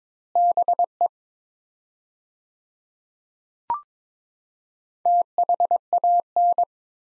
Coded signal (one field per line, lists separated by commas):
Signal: Morse code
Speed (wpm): 22 wpm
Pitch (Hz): 700 Hz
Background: none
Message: BE THAN